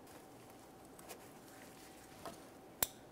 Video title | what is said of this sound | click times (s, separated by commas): How to Replace Downstream O2 Sensor 1998-2011 Ford Ranger (2.3L L4) | we'll press it in listen for our click give it a light tug | 2.8 s